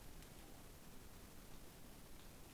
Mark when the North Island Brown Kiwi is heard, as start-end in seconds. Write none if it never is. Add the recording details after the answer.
none. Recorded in New Zealand on 8 January 2015. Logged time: 01:58. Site BX23